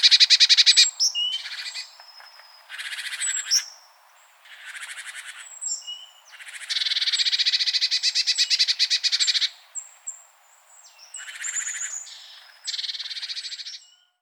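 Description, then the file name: Eurasian blue tit calls, dry churring rattles of fast repeated notes alternating with thin high whistled notes and short sharp chips. "Cyanistes caeruleus"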